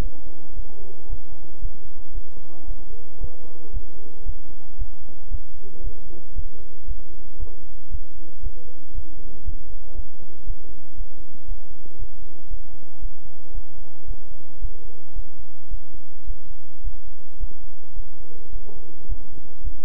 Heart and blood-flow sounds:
heart sounds by stethoscope; between the tricuspid and mitral areas; 113 bpm
0.01 s: heartbeat
0.54 s: heartbeat
1.07 s: heartbeat
1.60 s: heartbeat
2.13 s: heartbeat
2.65 s: heartbeat
3.19 s: heartbeat
3.71 s: heartbeat
4.24 s: heartbeat
4.76 s: heartbeat
5.29 s: heartbeat
5.82 s: heartbeat
6.34 s: heartbeat
6.85 s: heartbeat
7.37 s: heartbeat
7.89 s: heartbeat
8.41 s: heartbeat
8.92 s: heartbeat
9.43 s: heartbeat
9.94 s: heartbeat
10.44 s: heartbeat
10.95 s: heartbeat
11.46 s: heartbeat
11.97 s: heartbeat
12.48 s: heartbeat
13.00 s: heartbeat
13.52 s: heartbeat
14.06 s: heartbeat
14.59 s: heartbeat
15.14 s: heartbeat
15.69 s: heartbeat
16.25 s: heartbeat
16.82 s: heartbeat
17.38 s: heartbeat
17.94 s: heartbeat
18.50 s: heartbeat
19.07 s: heartbeat
19.62 s: heartbeat
From the record:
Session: bicycle stress test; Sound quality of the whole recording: good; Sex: male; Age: 26 years

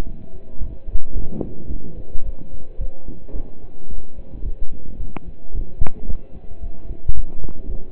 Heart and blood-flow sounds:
heart sounds by stethoscope; between the tricuspid and mitral areas; 110 bpm
0.06 s: heartbeat
0.60 s: heartbeat
1.15 s: heartbeat
1.70 s: heartbeat
2.25 s: heartbeat
2.80 s: heartbeat
3.35 s: heartbeat
3.90 s: heartbeat
4.45 s: heartbeat
5.00 s: heartbeat
5.54 s: heartbeat
6.08 s: heartbeat
6.62 s: heartbeat
7.16 s: heartbeat
7.69 s: heartbeat
From the record:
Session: pedaling a stationary bicycle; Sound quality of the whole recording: partially saturated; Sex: male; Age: 27 years

